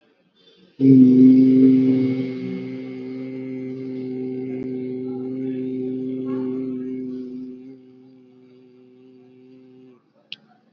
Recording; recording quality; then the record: sustained vowel as in beet; excellent, no background noise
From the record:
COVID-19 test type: RT-PCR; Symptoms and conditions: cough, sore throat, fever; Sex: male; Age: 20 years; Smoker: no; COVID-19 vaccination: both doses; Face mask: worn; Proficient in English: yes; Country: India